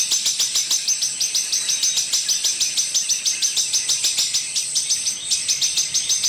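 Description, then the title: Streaked spiderhunter song: a fast, steady run of sharp high chips, continuing with a brief dip near the end. Long, clear, actively singing Streaked spiderhunter, used as a tutor recording for training birds. "Pijantung Gunung Gacor Jernih Panjang"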